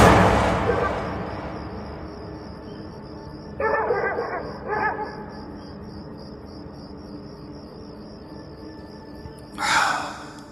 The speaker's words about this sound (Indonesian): Astaga! Kami berempat dikagetkan oleh suara anjing yang berada di dalam sekitar penampungan air itu, yang terus melolong ke arah kami.